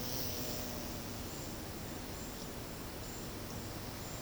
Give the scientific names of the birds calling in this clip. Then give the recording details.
none. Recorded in secondary vegetation near Puerto Asís, Putumayo, Colombia, on 19 February 2024 at 10:30. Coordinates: 0.472, -76.331. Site G6371